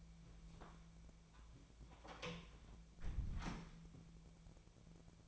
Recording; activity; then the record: daily activity, microphone in the room; close door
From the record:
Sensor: 1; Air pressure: 1000.5 hPa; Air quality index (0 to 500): 185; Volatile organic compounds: 5 ppm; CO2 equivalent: 1705 ppm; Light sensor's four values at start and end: 12/28/12/13 and 11/27/11/13